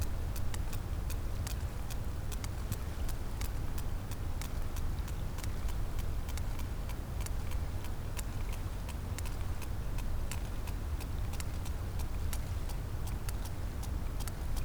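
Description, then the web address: Sperm whale clicking, sharp ticks in series through the whole stretch, over a steady deep rumble. "Physeter Macrocephalus cachalot"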